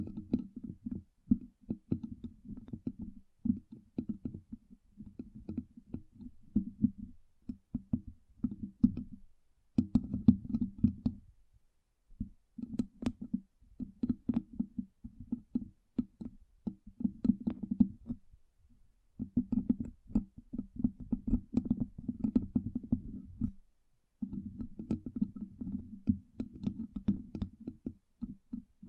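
Tapping for ASMR, a dense run of quick, low, muffled knocks in rapid bursts with a few brighter clicks on top. The rhythm keeps going with short breaks around 9, 19 and 24 seconds, resuming each time at a similar pace.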